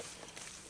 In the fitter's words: and there you go, snapped into place.